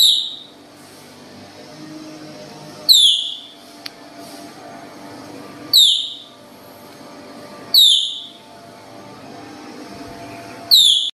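Baird's tapir giving shrill whistles: five sharp, high squeals, each dropping in pitch and fading, spaced about two to three seconds apart over a faint steady hum.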